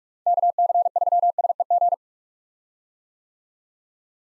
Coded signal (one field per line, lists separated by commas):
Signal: Morse code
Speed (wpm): 41 wpm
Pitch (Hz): 700 Hz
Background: none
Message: KC3SEG